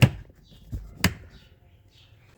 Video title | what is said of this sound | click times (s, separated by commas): How to replace AC blower motor in Kia Sportage | slide it into the mounting holes in the back and then push up the front until you hear a clicking noise | 0.0 s, 1.0 s